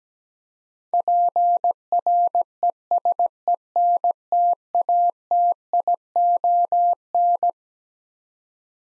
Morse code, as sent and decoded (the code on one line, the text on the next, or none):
.--. .-. . ... . -. - .- - .. --- -.
PRESENTATION